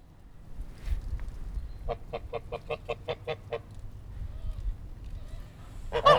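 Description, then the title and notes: Goose honks in an evenly spaced series of about eight short calls, followed by quiet and then one loud burst at the end, with low rumbling noise behind. Loud geese recorded in Langel, Cologne, Germany. "Langel, Köln, Deutschland - Gänse. Laute Gänse. Loud Goose"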